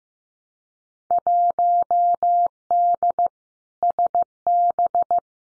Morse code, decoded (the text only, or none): 1D SB